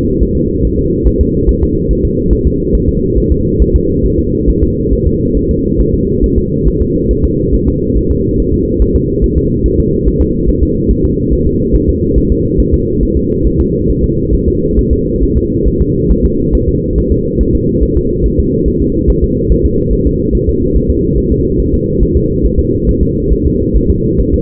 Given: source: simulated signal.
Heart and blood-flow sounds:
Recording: fetal heart sounds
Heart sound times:
0.23 s: S1
0.37 s: S2
0.65 s: S1
0.79 s: S2
1.07 s: S1
1.21 s: S2
1.49 s: S1
1.63 s: S2
1.91 s: S1
2.05 s: S2
2.33 s: S1
2.47 s: S2
2.75 s: S1
2.89 s: S2
3.18 s: S1
3.32 s: S2
3.62 s: S1
3.76 s: S2
4.06 s: S1
4.19 s: S2
4.50 s: S1
4.63 s: S2
4.93 s: S1
5.07 s: S2
5.37 s: S1
5.51 s: S2
5.81 s: S1
5.94 s: S2
6.24 s: S1
6.38 s: S2
6.68 s: S1
6.81 s: S2
7.11 s: S1
7.25 s: S2
7.54 s: S1
7.68 s: S2
7.97 s: S1
8.11 s: S2
8.40 s: S1
8.54 s: S2
8.82 s: S1
8.96 s: S2
9.24 s: S1
9.38 s: S2
9.66 s: S1
9.80 s: S2
10.07 s: S1
10.22 s: S2
10.49 s: S1
10.63 s: S2
10.91 s: S1
11.05 s: S2
11.33 s: S1
11.47 s: S2
11.75 s: S1
11.89 s: S2
12.18 s: S1
12.32 s: S2
12.60 s: S1
12.74 s: S2
13.03 s: S1
13.17 s: S2
13.47 s: S1
13.60 s: S2
13.90 s: S1
14.04 s: S2
14.34 s: S1
14.48 s: S2
14.79 s: S1
14.93 s: S2
15.23 s: S1
15.37 s: S2
15.68 s: S1
15.81 s: S2
16.11 s: S1
16.25 s: S2
16.55 s: S1
16.69 s: S2
16.98 s: S1
17.12 s: S2
17.41 s: S1
17.55 s: S2
17.83 s: S1
17.97 s: S2
18.26 s: S1
18.40 s: S2
18.68 s: S1
18.82 s: S2
19.10 s: S1
19.24 s: S2
19.52 s: S1
19.66 s: S2
19.93 s: S1
20.07 s: S2
20.35 s: S1
20.49 s: S2
20.76 s: S1
20.90 s: S2
21.18 s: S1
21.32 s: S2
21.60 s: S1
21.74 s: S2
22.03 s: S1
22.17 s: S2
22.45 s: S1
22.59 s: S2
22.89 s: S1
23.03 s: S2
23.33 s: S1
23.47 s: S2
23.76 s: S1
23.90 s: S2
24.20 s: S1
24.34 s: S2
From the record:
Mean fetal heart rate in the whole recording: 140 bpm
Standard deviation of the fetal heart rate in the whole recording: 2 bpm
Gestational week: 34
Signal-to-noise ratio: -14.7 dB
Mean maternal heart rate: 72 bpm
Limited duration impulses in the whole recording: present

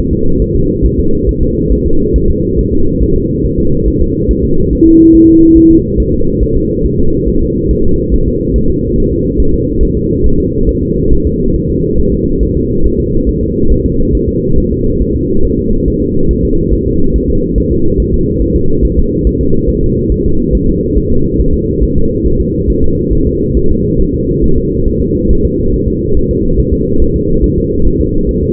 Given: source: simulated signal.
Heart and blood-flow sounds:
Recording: fetal heart sounds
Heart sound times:
0.13 s: S2
0.42 s: S1
0.56 s: S2
0.85 s: S1
1.00 s: S2
1.29 s: S1
1.43 s: S2
1.72 s: S1
1.87 s: S2
2.16 s: S1
2.30 s: S2
2.59 s: S1
2.73 s: S2
3.02 s: S1
3.16 s: S2
3.46 s: S1
3.59 s: S2
3.88 s: S1
4.02 s: S2
4.31 s: S1
4.45 s: S2
4.73 s: S1
4.87 s: S2
5.15 s: S1
5.29 s: S2
5.57 s: S1
5.71 s: S2
6.00 s: S1
6.14 s: S2
6.43 s: S1
6.57 s: S2
6.85 s: S1
7.00 s: S2
7.28 s: S1
7.42 s: S2
7.71 s: S1
7.85 s: S2
8.14 s: S1
8.28 s: S2
8.56 s: S1
8.70 s: S2
8.98 s: S1
9.12 s: S2
9.40 s: S1
9.54 s: S2
9.83 s: S1
9.97 s: S2
10.26 s: S1
10.40 s: S2
10.69 s: S1
10.83 s: S2
11.13 s: S1
11.27 s: S2
11.56 s: S1
11.70 s: S2
12.00 s: S1
12.14 s: S2
12.43 s: S1
12.57 s: S2
12.86 s: S1
13.00 s: S2
13.29 s: S1
13.43 s: S2
13.72 s: S1
13.86 s: S2
14.15 s: S1
14.29 s: S2
14.58 s: S1
14.72 s: S2
15.01 s: S1
15.16 s: S2
15.45 s: S1
15.59 s: S2
15.88 s: S1
16.02 s: S2
16.31 s: S1
16.45 s: S2
16.73 s: S1
16.88 s: S2
17.16 s: S1
17.30 s: S2
17.58 s: S1
17.72 s: S2
18.00 s: S1
18.14 s: S2
18.42 s: S1
18.56 s: S2
18.84 s: S1
18.99 s: S2
19.27 s: S1
19.41 s: S2
19.69 s: S1
19.84 s: S2
20.12 s: S1
20.26 s: S2
20.55 s: S1
20.69 s: S2
20.97 s: S1
21.12 s: S2
21.40 s: S1
21.54 s: S2
21.83 s: S1
21.97 s: S2
22.26 s: S1
22.41 s: S2
22.70 s: S1
22.84 s: S2
23.13 s: S1
23.27 s: S2
23.57 s: S1
23.71 s: S2
24.00 s: S1
24.15 s: S2
24.44 s: S1
24.58 s: S2
24.88 s: S1
25.02 s: S2
25.31 s: S1
25.45 s: S2
25.74 s: S1
25.88 s: S2
26.17 s: S1
26.31 s: S2
26.59 s: S1
26.73 s: S2
27.02 s: S1
27.16 s: S2
27.44 s: S1
27.58 s: S2
27.87 s: S1
28.01 s: S2
28.29 s: S1
28.43 s: S2
From the record:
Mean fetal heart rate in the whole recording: 140 bpm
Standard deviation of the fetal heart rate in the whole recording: 2 bpm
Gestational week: 34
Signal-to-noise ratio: -17.7 dB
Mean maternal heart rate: 72 bpm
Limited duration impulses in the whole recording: present

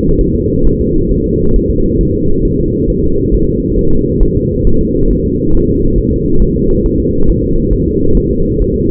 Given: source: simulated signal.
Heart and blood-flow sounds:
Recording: fetal heart sounds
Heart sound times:
0.21 s: S1
0.35 s: S2
0.67 s: S1
0.81 s: S2
1.12 s: S1
1.26 s: S2
1.56 s: S1
1.70 s: S2
2.01 s: S1
2.15 s: S2
2.45 s: S1
2.59 s: S2
2.90 s: S1
3.04 s: S2
3.34 s: S1
3.49 s: S2
3.79 s: S1
3.93 s: S2
4.23 s: S1
4.37 s: S2
4.67 s: S1
4.81 s: S2
5.11 s: S1
5.25 s: S2
5.55 s: S1
5.69 s: S2
5.98 s: S1
6.13 s: S2
6.42 s: S1
6.56 s: S2
6.86 s: S1
7.00 s: S2
7.30 s: S1
7.44 s: S2
7.73 s: S1
7.88 s: S2
8.17 s: S1
8.32 s: S2
8.62 s: S1
8.76 s: S2
From the record:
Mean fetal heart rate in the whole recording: 135 bpm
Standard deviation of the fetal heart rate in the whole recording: 3 bpm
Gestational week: 36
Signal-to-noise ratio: -17.7 dB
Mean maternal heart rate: 72 bpm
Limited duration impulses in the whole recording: present

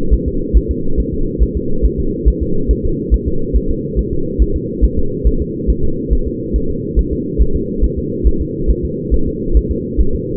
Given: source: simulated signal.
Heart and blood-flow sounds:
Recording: fetal heart sounds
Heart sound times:
0.13 s: S1
0.28 s: S2
0.57 s: S1
0.71 s: S2
1.00 s: S1
1.14 s: S2
1.43 s: S1
1.57 s: S2
1.86 s: S1
2.00 s: S2
2.28 s: S1
2.42 s: S2
2.71 s: S1
2.85 s: S2
3.14 s: S1
3.28 s: S2
3.56 s: S1
3.71 s: S2
3.99 s: S1
4.13 s: S2
4.42 s: S1
4.56 s: S2
4.84 s: S1
4.99 s: S2
5.27 s: S1
5.41 s: S2
5.70 s: S1
5.84 s: S2
6.13 s: S1
6.27 s: S2
6.56 s: S1
6.70 s: S2
6.99 s: S1
7.13 s: S2
7.42 s: S1
7.56 s: S2
7.84 s: S1
7.98 s: S2
8.27 s: S1
8.41 s: S2
8.70 s: S1
8.85 s: S2
9.14 s: S1
9.28 s: S2
9.57 s: S1
9.71 s: S2
10.00 s: S1
10.15 s: S2
From the record:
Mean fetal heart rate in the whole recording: 140 bpm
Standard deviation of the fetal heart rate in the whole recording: 2 bpm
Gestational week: 34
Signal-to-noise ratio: -8.1 dB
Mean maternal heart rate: 72 bpm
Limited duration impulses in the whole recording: absent

